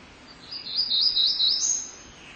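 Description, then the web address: Black-throated gray warbler singing a high buzzy series of zigzagging notes that climbs to a higher final note, with faint background hiss. "cotor. Black-throated Gray Warbler"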